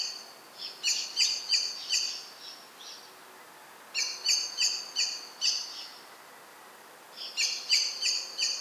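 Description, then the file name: Common blackbird producing three bursts of rapid chink calls, each run of five or six hard notes separated by brief silences. "Turdus merula"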